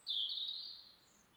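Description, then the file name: European robin: one thin, high drawn-out note, sharp at the start and fading over about a second, with light background hiss. "Erithacus rubecula"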